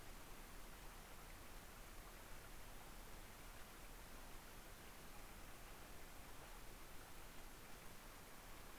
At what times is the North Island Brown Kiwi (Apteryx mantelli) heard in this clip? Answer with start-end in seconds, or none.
none